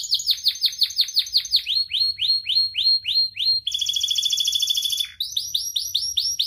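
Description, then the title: Atlantic canary song: fast repeated downslurred whistles changing pitch, a buzzy high trill lasting over a second, then rising whistled notes. Prolific, vigorously singing ('gacor') canary; praised for its best 'cengkok' phrasing and most luxurious 'isian' song fill, within Indonesian songbird-keeping hobby. "Kenari Gacor Cengkok Terbaik Isian Paling Mewah Kenarigacor Kicaumania Kenari"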